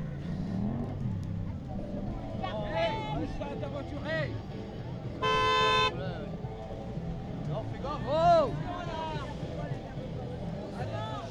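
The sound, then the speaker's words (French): Steady low engine rumble of cars rolling past a protesters' road blockade on the industrial boulevard of Sotteville-lès-Rouen on 15 January 2020, with a crowd of voices chattering and calling out over it and a loud car horn blaring for about a second midway. “Toutes les voitures passent sauf lui en fait.”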